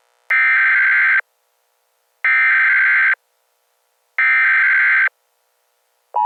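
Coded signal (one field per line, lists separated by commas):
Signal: Emergency Alert System (SAME) tones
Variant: header bursts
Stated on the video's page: Fictional EAS scenario.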